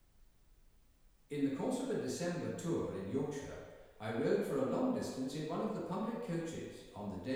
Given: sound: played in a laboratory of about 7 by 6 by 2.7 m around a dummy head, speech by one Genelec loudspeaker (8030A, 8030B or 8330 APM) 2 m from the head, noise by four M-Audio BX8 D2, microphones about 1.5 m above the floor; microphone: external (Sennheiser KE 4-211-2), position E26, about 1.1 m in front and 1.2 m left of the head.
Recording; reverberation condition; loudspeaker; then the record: male speech in English; high; 30 degrees to the right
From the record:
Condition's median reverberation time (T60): about 1300 ms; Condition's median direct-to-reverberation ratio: about -4.0 dB